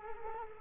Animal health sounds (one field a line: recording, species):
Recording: mosquito wingbeat signal from an infrared sensor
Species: Culex quinquefasciatus